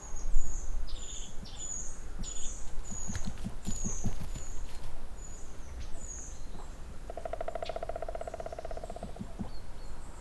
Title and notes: Ústí, Czechia - datel na suchém smrku. žluna nebo datel na suchém smrku nedaleko mokřadů na Hatích